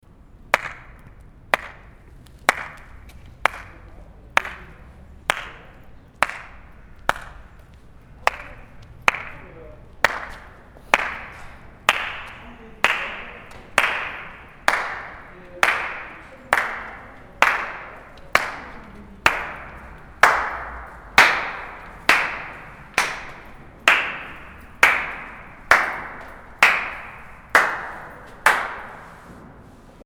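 Single hand claps ring out at a steady pace, about one per second, each sharp snap trailing off in a bright, lingering echo.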